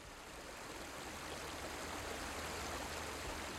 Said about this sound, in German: Bei unserer Ankunft am Fluss Hydaspes zeigte sich, dass ein Übergang über den reißenden Strom nicht möglich war.